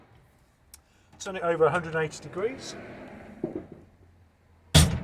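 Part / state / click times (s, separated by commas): caravan motor mover roller engagement linkage on the chassis / seated / 3.4 s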